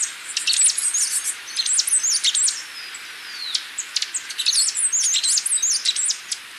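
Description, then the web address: Capped Conebill calls: rapid, high-pitched twittering chips with a few quick sliding notes, coming in two busy bursts. Recorded in Ecuador. "Natures Songs S America Birds of Ecuador 607 Capped Conebill"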